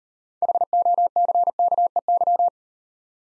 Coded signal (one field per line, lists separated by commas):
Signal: Morse code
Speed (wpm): 38 wpm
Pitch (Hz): 700 Hz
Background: none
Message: HOCKEY